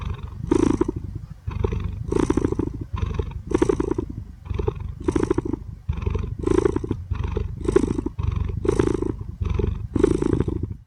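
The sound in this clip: Cat purring, a deep rumbling purr pulsing in repeated bursts throughout.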